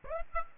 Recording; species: mosquito wingbeat signal from an infrared sensor; Aedes aegypti